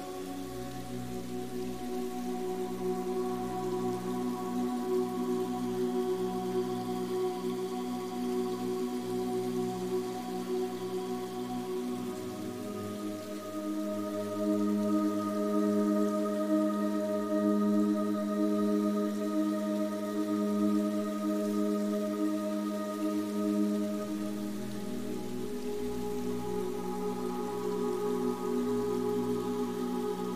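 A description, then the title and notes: Steady rushing water hisses under soft, sustained meditative music built from layered held tones. Around the twelve-second mark the chord shifts, and a gently pulsing low-mid tone swells through the middle before the texture settles again near the end. Tranquil waterfall sounds and zen music. The gentle sound of the waterfall creates a natural white noise.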